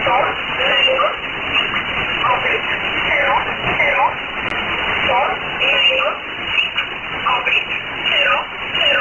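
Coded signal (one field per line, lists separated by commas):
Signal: numbers station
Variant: E11 Oblique, English voice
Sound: short, evenly spaced spoken words through heavy shortwave static and hiss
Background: radio static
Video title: 02 06 2018 E11 Oblique Numbers station in English to Eu 1710 on 6480 unknown tx site in USB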